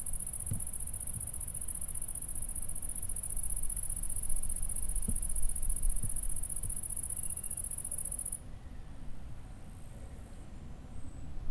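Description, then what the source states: Cricket chirping, a steady high trill that runs unbroken for about eight seconds and then stops, leaving only low rumble and a few faint clicks. Recorded in a meadow.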